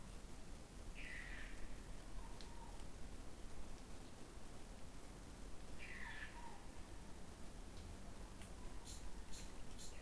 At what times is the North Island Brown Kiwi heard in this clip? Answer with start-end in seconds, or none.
none